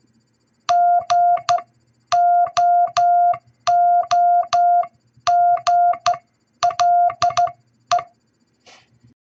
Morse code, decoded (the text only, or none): GOOGLE